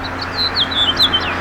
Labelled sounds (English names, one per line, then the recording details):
House Finch song
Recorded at East Hampton on Long Island, New York, on 15 June 2013
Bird A